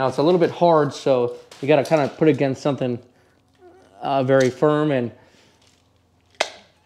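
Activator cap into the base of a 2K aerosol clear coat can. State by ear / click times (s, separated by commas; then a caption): seated / 6.4 s. Someone talks while pressing the red activator cap on the bottom of a 2K aerosol clear coat spray can firmly against a surface. A sharp click at 6.4 s marks the cap seating and puncturing the internal hardener bladder, so the can is activated and done.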